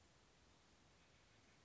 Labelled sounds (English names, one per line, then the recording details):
Steller's Jay
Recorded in Sonoma County, California